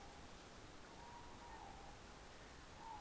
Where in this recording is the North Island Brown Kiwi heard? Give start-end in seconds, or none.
none